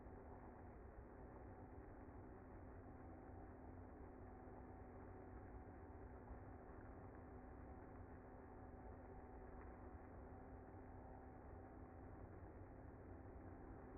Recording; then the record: honeybee colony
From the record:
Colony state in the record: active